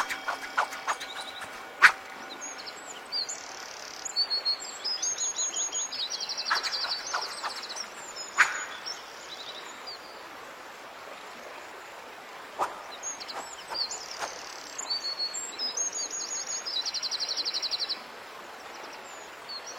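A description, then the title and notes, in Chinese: A steady mountain stream rushes beneath bright birdsong, with repeated high trills and chirps and a few sharp clicks near two, eight and twelve seconds. 白噪音 中国风 高山流水 武侠练剑修仙氛围。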